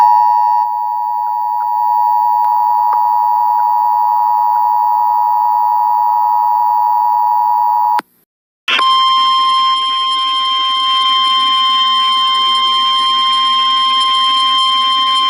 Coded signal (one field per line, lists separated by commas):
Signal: Emergency Alert System (SAME) tones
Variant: 853 and 960 Hz attention tone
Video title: EAS Flash Flood Warning For St. Louis Mo As Seen On 97.1 KFTK-FM On 08-13-19 Part 2.